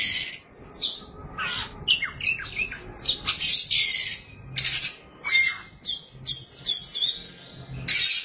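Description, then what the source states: Oriental magpie-robin giving loud harsh, scratchy phrases and squawky notes in a fast irregular sequence, with a faint low hum beneath. Chirping song (kicauan) of the bird.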